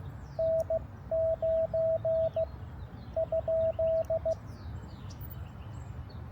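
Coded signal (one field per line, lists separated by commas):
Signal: Morse code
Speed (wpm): 16 wpm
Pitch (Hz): 650 Hz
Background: radio noise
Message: N9 ?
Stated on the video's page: Park activation.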